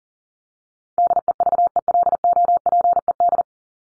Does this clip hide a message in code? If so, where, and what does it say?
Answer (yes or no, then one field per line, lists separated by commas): yes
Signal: Morse code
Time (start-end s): 1.0-3.4 s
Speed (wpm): 40 wpm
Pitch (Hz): 700 Hz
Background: none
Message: DEVELOPED